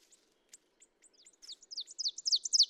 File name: Ovenbird